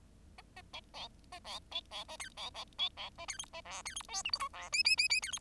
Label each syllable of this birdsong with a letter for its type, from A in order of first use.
A A B C A C B C A D C B C A D E A F D E G H I J F K K K K D E